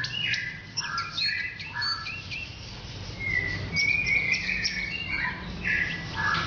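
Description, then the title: Orange-headed thrush song: mid-pitched whistled phrases and slurred notes alternating with high chirps, some notes held steady, over a low background hum. "Anis Merah"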